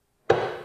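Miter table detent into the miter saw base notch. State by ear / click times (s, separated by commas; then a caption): seated / 0.3 s. A release lever is pressed and the miter table of a compact miter saw swings to a preset angle, where its metal detent drops into the notch in the saw base with a sharp click at 0.3 s. The detent locks into place so the table won't move left and right.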